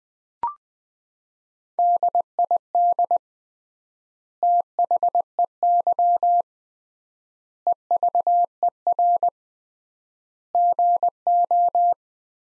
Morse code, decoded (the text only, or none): DID THEY EVER GO